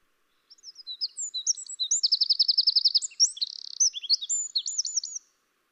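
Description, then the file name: Eurasian wren delivering one vigorous song of fast, piercing notes and trills, ending in a flourish; background silent. "Troglodytes troglodytes"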